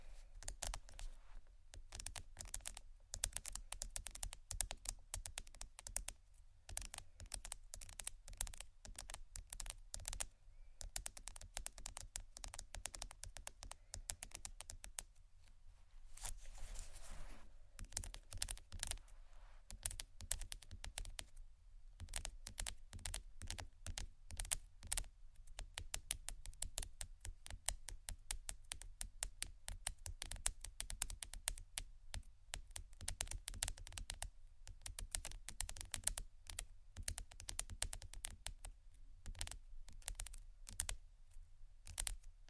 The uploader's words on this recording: ASMR Tappingscratching Galore 4 Bags (No Talking).